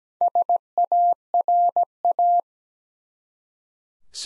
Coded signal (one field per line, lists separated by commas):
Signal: Morse code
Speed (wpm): 17 wpm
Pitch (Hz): 700 Hz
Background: none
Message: SARA